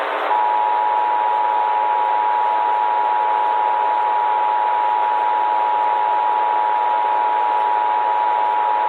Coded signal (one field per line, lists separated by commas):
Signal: Emergency Alert System (SAME) tones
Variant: 853 and 960 Hz attention tone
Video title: EAS Scenario/Analog & Digital Horror - Red Giant Sun